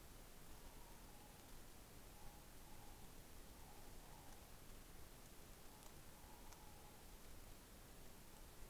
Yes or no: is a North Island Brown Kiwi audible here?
no